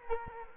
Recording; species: mosquito wingbeat signal from an infrared sensor; Culex quinquefasciatus